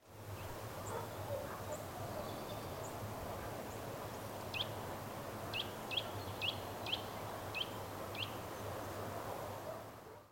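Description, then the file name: Eurasian nuthatch calls: several short, sharp, high notes, fainter at first and clearer in the second half, over a steady low rumble of background noise. "Sitta europaea"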